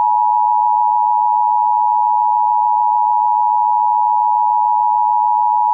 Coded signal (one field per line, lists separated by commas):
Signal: Emergency Alert System (SAME) tones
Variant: 853 and 960 Hz attention tone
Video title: EAS - Troubled Waters